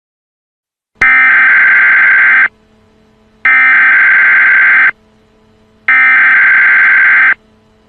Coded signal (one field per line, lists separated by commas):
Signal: Emergency Alert System (SAME) tones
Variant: header bursts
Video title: EAS Scenario: Barney Error FULL SERIES (Reupload & Read Description)